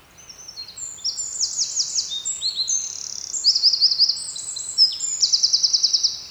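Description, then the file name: Eurasian wren song, a vigorous high warble of sharp notes with two fast buzzy trills in the second half. "Troglodytes troglodytes"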